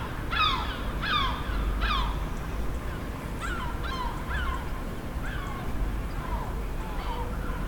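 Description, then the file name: Gulls calling, a run of sharp, down-slurred yelping notes, several in quick succession at first and then scattered, with a low background rumble throughout. "Gaivotas"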